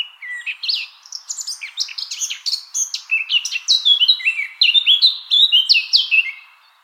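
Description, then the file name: Eurasian blackcap song: a rich warbling run of varied whistled notes, continuous for about seven seconds. "Sylvia atricapilla"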